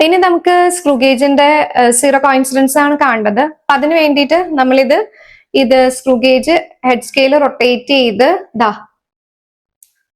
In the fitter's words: ഒരു ടിക്ക് കേൾക്കുന്നവരെ അത് റൊട്ടേറ്റ് ചെയ്യുക കൂടുതൽ ചെയ്യരുത് ഒറ്റ ടിക്ക് മാത്രം ചെയ്താൽ മതി കേട്ടോ